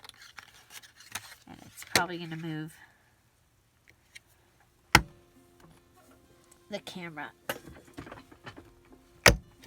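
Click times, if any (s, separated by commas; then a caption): 9.3 s. A plastic snap fastener on a tassel or charm made with no metal parts is pressed together by hand while someone talks; it needs a double snap to close. A loud sharp snap comes at 5.0 s, and a second one at 9.3 s confirms the fastener has snapped closed.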